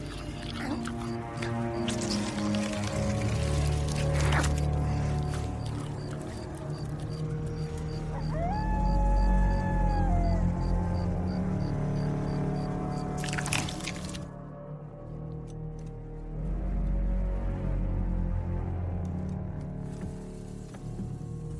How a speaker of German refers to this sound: Blut spritzt durch die Luft, während die Untoten unbarmherzig über ihre Beute herfallen.